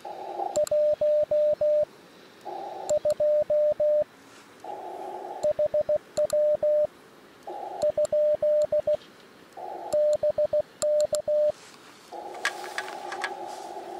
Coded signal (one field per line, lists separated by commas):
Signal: Morse code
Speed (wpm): 16 wpm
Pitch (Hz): 600 Hz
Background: radio noise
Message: 12 HW? BK